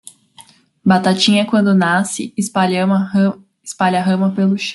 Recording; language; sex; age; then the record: short text; Brazilian Portuguese; female; 20 to 29 years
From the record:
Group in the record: control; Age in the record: 29 years